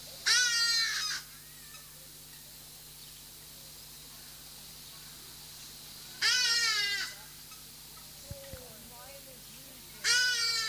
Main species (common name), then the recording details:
Hadada Ibis. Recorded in captivity. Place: Zoo Berlin, Berlin, DE. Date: 2003-09-15 16:38. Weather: heiter, ca. 21°C. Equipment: Fair Mate ST-1328 (Asahi Electronics, Japan), Sennheiser ME 80, Kopie Uher 4000 Report Monitor. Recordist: Tembrock, Günter